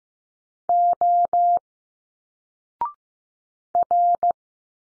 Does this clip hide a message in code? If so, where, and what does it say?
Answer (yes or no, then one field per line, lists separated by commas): yes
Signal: Morse code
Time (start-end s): 0.7-4.3 s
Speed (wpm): 15 wpm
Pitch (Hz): 700 Hz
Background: none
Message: O R